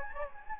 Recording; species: mosquito wingbeat signal from an infrared sensor; Anopheles gambiae